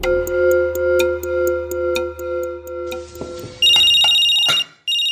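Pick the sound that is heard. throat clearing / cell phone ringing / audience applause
cell phone ringing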